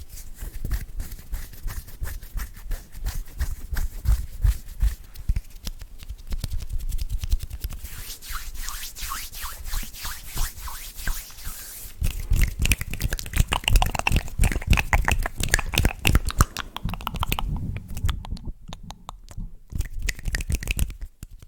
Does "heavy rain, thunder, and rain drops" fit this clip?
no